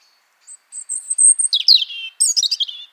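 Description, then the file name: European robin song: thin high whistles near the top, then a tumbling run of sweet, descending warbled notes, packed tightly together in a quick phrase. "Erithacus rubecula"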